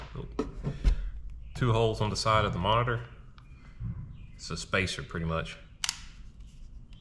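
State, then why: Seated. A plastic spacer is pressed into the two holes on the side of a backup camera monitor while someone talks. A sharp click at 5.8 seconds marks the spacer popping into place, and it is seated.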